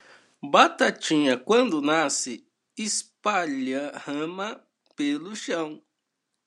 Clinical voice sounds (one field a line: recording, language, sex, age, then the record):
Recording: short text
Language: Brazilian Portuguese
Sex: male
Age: 18 to 19 years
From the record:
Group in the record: control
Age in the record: 19 years